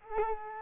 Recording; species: mosquito wingbeat signal from an infrared sensor; Culex quinquefasciatus